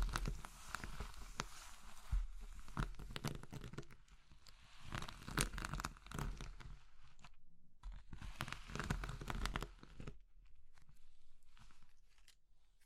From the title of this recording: Oddly Satisfying Crushing Triggers Soap, Chalk, Meringue, Pastel